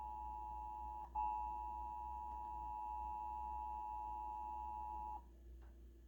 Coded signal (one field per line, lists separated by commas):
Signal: Emergency Alert System (SAME) tones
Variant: 853 and 960 Hz attention tone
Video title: Uploading the 2023 National EAS Test because why not